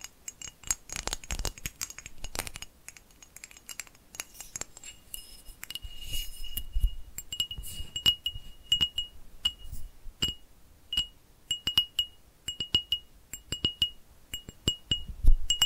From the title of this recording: Tapping Different Areas of Your Brain 3D Panning Triggers